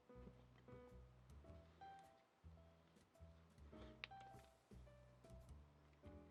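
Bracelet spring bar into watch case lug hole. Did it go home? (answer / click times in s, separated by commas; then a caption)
yes / 4.0 s. A watch bracelet's spring bar on the second side is fitted between the case lugs of a watch built from eBay parts with a Sellita SW200 COSC movement. Over steady background music, a single sharp click is heard at 4.0 s as the spring bar seats into the lug hole, and the watch is back together with the bracelet on.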